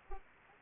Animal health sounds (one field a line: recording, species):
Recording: mosquito wingbeat signal from an infrared sensor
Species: Anopheles arabiensis